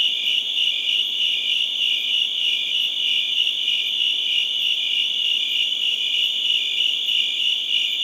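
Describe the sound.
Cricket gives a dense, steady high-pitched trill, a shimmering pulse repeating about three times per second without pause.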